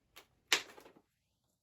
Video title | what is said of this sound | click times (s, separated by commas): HOW TO REMOVE AND INSTALL VERSO CHEEK PADS & LINER | line it up and then just snap it into | 0.5 s